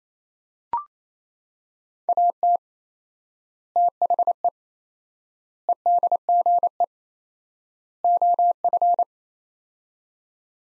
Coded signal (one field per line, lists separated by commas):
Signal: Morse code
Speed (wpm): 27 wpm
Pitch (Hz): 700 Hz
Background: none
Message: AT THE EDGE OF